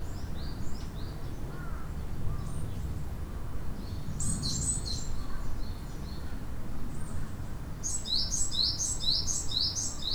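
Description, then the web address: Bird calls, scattered faint high chirps early on, then a clearer rapid series of sharp chirps toward the end, with a constant low rumble underneath. Recorded 28 April 2008. "20080428 bird"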